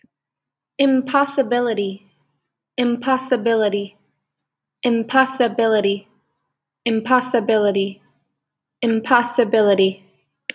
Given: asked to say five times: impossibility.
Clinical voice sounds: repeated word; female; 20 to 29 years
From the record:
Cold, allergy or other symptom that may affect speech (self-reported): no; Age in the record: 24 years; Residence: Indiana, United States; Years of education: 18

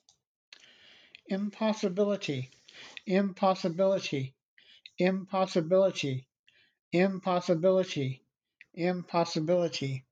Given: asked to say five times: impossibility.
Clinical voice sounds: repeated word; male; 60 to 69 years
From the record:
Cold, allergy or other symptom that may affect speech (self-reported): no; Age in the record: 60 years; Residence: Pennsylvania, United States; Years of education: 12

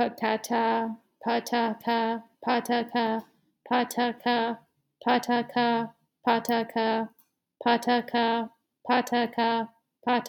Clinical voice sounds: repeated syllables /pa ta ka/; female; 30 to 39 years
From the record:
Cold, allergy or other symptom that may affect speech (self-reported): no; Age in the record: 32 years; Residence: Colorado, United States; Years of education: 18

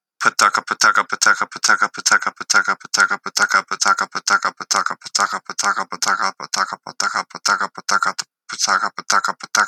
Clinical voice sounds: repeated syllables /pa ta ka/; male; 20 to 29 years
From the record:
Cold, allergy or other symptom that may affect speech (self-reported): no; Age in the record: 28 years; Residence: Indiana, United States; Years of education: 13

